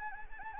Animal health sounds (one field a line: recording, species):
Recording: mosquito wingbeat signal from an infrared sensor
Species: Anopheles arabiensis